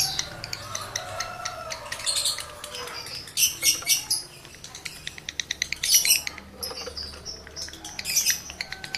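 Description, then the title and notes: Lovebird chatter of high squeaky chirps and clicking runs coming in uneven bursts. Male lovebird in breeding condition; the song is used as a lure to prompt other lovebirds to sing. "Birahi Lovebird Jantan ke Gacor. Pancingan Suara Lovebird jantan birahi ini sangat manjur untuk burung Lovebird Anda"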